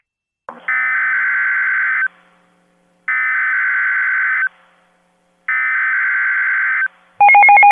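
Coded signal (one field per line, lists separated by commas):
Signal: Emergency Alert System (SAME) tones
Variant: header bursts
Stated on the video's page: SAME tones on NOAA Weather Radio for mandatory evacuations and hurricane warnings from a hurricane in Florida.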